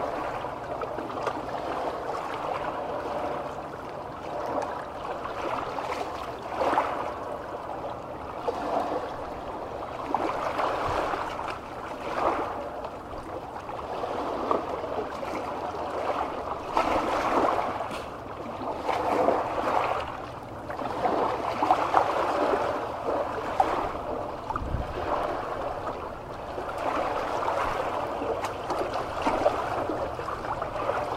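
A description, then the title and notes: Ocean water churns steadily, with repeated surges and splashes every few seconds over a constant mid-pitched rush and low rumble. Ocean waves and calming tides.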